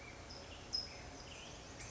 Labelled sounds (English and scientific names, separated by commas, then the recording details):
California Towhee (Melozone crissalis)
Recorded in Sonoma County, California